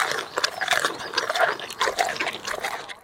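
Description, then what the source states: Tapir eating noisily: moist slurping and smacking sounds in quick, irregular bursts. Feeding sounds of a tapir, which uses its nose to help while eating and is described as having bad table manners; lives in South America.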